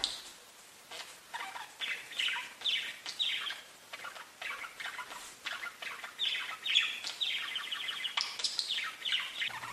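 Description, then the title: Budgerigar chatter, busy scratchy chirps and warbled phrases, some slurring downward, running almost without break. "Budgie Sounds"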